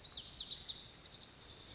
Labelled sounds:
Lazuli Bunting (Passerina amoena)
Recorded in Sonoma County, California

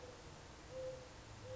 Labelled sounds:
Mourning Dove (Zenaida macroura)
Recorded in Sonoma County, California

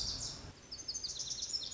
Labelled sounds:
Lazuli Bunting (Passerina amoena)
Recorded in Sonoma County, California

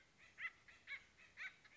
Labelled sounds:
Acorn Woodpecker (Melanerpes formicivorus)
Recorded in Sonoma County, California

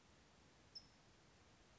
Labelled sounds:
California Towhee (Melozone crissalis)
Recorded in Sonoma County, California

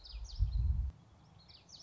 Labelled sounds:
Common Yellowthroat (Geothlypis trichas)
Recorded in Sonoma County, California

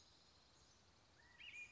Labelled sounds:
California Quail (Callipepla californica)
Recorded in Sonoma County, California

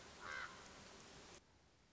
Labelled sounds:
Common Raven (Corvus corax)
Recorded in Sonoma County, California

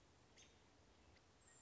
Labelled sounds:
American Robin (Turdus migratorius)
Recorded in Sonoma County, California

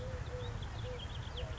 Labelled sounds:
Eurasian Collared Dove (Streptopelia decaocto)
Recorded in Sonoma County, California

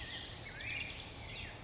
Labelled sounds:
Black-headed Grosbeak (Pheucticus melanocephalus)
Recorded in Sonoma County, California

